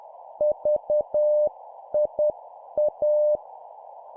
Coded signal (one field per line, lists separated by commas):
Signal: Morse code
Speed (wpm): 10 wpm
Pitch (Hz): 600 Hz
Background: none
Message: VIA